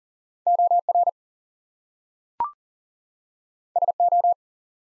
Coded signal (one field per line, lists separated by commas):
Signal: Morse code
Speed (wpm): 39 wpm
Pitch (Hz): 700 Hz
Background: none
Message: OR SO